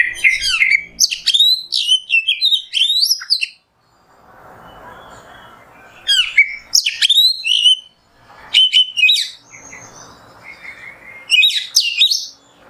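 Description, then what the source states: Oriental magpie-robin giving bursts of sharp, rapid whistled phrases every few seconds, with soft hiss filling the gaps. Masteran (tutor recording) of kacer song in the nembak style.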